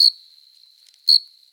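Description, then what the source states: Cricket song, two shrill chirps about a second apart over a faint, steady high ringing. Singing cricket, recorded close up.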